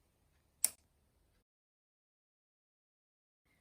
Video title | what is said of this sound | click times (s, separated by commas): Say goodbye to pressure sores! Checking out Loop+ | we've just got this nifty little cable um that magnetically snaps into place | 0.6 s